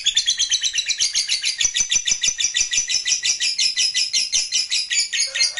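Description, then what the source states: Lovebird song: rapid, shrill, buzzy chattering of repeated high notes, continuous and fairly even. Lovebird sound said to be 100% effective with just one play.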